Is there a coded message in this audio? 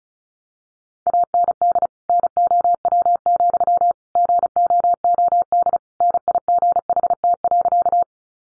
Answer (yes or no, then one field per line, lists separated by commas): yes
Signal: Morse code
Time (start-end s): 1.1-8.0 s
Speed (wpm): 34 wpm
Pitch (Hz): 700 Hz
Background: none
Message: AND NOW, GOOD NIGHT.